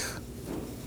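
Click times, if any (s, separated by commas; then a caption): none. The plastic quick-connect coupling of a vacuum line is handled as it is pushed down toward the vacuum fitting on a new engine vacuum pump on a 2018–2024 Chevrolet Equinox 1.5L L4. A brief bright scraping rustle at the start fades into steady low handling noise. Nothing has seated or clicked yet.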